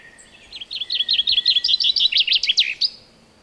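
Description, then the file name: Common chaffinch singing a phrase: a run of chipping notes ending in a final flourish. "Fringilla coelebs"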